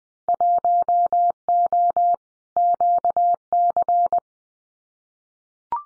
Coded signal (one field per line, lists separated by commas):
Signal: Morse code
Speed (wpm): 20 wpm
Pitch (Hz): 700 Hz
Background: none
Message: 1O QC